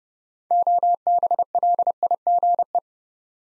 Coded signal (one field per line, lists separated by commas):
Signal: Morse code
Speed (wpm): 29 wpm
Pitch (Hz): 700 Hz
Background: none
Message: OBLIGE